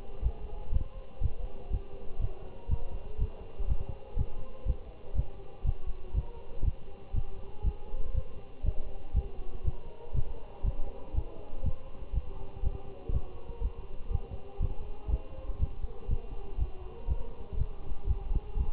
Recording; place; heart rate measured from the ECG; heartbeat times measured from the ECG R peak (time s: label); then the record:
heart sounds by stethoscope; between the tricuspid and mitral areas; 121 bpm
0.23 s: heartbeat
0.73 s: heartbeat
1.22 s: heartbeat
1.72 s: heartbeat
2.21 s: heartbeat
2.70 s: heartbeat
3.19 s: heartbeat
3.69 s: heartbeat
4.18 s: heartbeat
4.67 s: heartbeat
5.16 s: heartbeat
5.66 s: heartbeat
6.15 s: heartbeat
6.65 s: heartbeat
7.15 s: heartbeat
7.65 s: heartbeat
8.15 s: heartbeat
8.65 s: heartbeat
9.15 s: heartbeat
9.65 s: heartbeat
10.15 s: heartbeat
10.65 s: heartbeat
11.15 s: heartbeat
11.65 s: heartbeat
12.14 s: heartbeat
12.64 s: heartbeat
13.13 s: heartbeat
13.62 s: heartbeat
14.12 s: heartbeat
14.61 s: heartbeat
15.11 s: heartbeat
15.60 s: heartbeat
16.10 s: heartbeat
16.59 s: heartbeat
17.09 s: heartbeat
17.58 s: heartbeat
18.08 s: heartbeat
18.58 s: heartbeat
From the record:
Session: Bruce protocol treadmill stress test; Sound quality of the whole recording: good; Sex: male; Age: 25 years